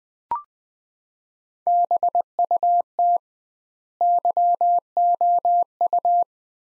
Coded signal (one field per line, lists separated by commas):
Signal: Morse code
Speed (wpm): 20 wpm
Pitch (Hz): 700 Hz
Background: none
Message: BUT YOU